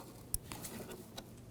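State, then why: Seated. An impact sensor wiring connector on a 2011–2018 Volkswagen Jetta 2.0L L4 is pushed onto its crash sensor at the front of the car. It gives a sharp click at 0.3 s, followed by fainter ticks around 0.5 s and 1.2 s. The connector is seated and clipped in place.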